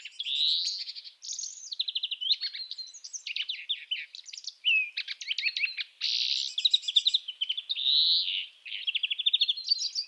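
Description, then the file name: European greenfinch song, restless twittering of ringing trills, buzzy wheezes and bright chirps running on without a break. "Chloris chloris"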